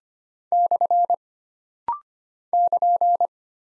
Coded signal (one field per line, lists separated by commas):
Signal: Morse code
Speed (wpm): 25 wpm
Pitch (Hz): 700 Hz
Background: none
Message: / <KN>